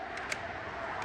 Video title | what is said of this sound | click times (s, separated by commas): Ford Powerstroke 6.7L Fuel Filter Replacement How To | turn it till it locks | 0.3 s